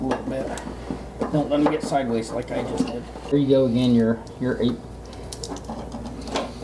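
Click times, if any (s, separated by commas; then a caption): 5.4 s. Someone talks while pushing a weather-sealed harness plug into its mating connector during a fang light and turn signal kit install on a 2021 RZR XP 1000, which takes some force because of the seal. A sharp click at 5.4 s marks the connector seating.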